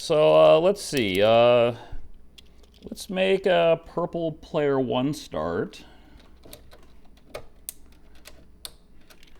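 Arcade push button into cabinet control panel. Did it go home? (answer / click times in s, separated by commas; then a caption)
yes / 7.7 s, 8.7 s. Someone talks for the first six seconds, then a purple snap-in arcade push button with a plastic housing is pressed into a hole in the cabinet control panel for the player one start. Soft handling taps lead up to two sharp clicks at 7.7 s and 8.7 s as the button snaps and seats into place.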